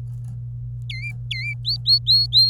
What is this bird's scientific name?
Serinus canaria